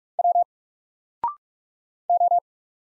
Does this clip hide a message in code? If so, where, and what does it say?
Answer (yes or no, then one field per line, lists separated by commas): yes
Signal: Morse code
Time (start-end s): 0.2-2.4 s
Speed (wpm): 44 wpm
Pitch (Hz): 700 Hz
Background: none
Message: W O